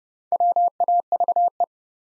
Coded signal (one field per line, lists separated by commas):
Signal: Morse code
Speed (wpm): 30 wpm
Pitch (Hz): 700 Hz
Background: none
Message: WAVE